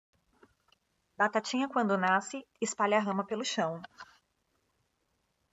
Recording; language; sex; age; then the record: short text; Brazilian Portuguese; female; 30 to 39 years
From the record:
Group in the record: control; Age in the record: 34 years